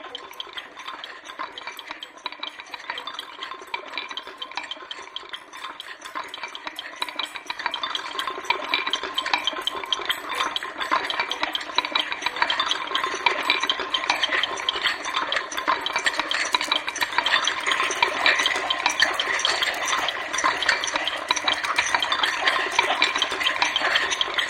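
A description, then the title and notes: Ice cubes clink and rattle together in a dense, rapid stream of bright, hard clicks that never really pause. The rattling is lighter for the first several seconds, then grows louder and busier from about eight seconds on, holding steady to the end. There only ice cubes recorded 6 loops partly scliced instruments : Density and CatStretch.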